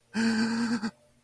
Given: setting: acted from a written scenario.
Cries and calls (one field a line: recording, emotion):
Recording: vocal sound without words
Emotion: distress